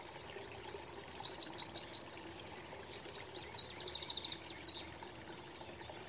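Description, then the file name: Eurasian wren delivering a fast, loud, high song of chattering notes and rattled trills, roughly five seconds long and ending on a shrill trill, with faint constant noise behind. "Troglodytes troglodytes"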